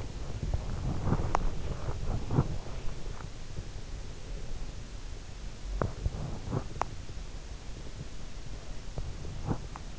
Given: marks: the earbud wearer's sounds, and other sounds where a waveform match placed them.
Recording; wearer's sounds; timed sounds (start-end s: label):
sounds in sleep by an in-ear microphone; body movement
0.00-3.71 s: body movement